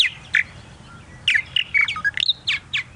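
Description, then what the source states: Purple martin song: liquid chirps and gurgling notes in uneven bursts with brief pauses between them. Sweet voice; largest swallow in the United States and Canada.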